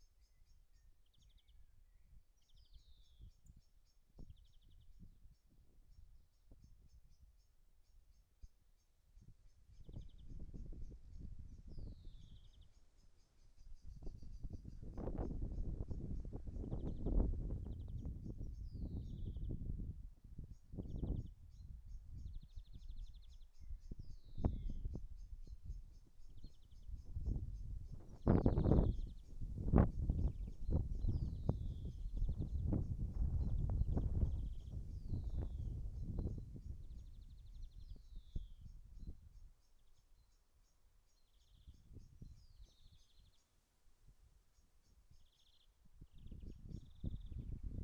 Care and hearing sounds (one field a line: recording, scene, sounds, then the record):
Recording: everyday scene through a hearing-aid microphone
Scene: wind on the microphone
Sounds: wind, birds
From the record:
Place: in front of a rural house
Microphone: behind the ear, right, rear